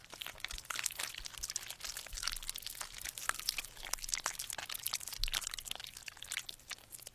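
A monster crunches and tears at a human corpse it has ripped in half, eating it with the big red, sharp-toothed mouth in its belly: dense, irregular cracks and ripping crackles that run continuously at moderate loudness, with a low rumble underneath and no voices.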